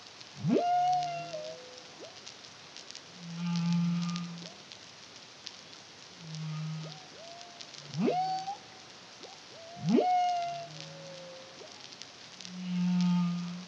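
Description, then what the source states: Humpback whale song: a repeating phrase of rapid upward swoops with tonal tails and deep, groaning hums, cycling several times throughout over a hissy background. Caribbean, CARIMAM project, 2023.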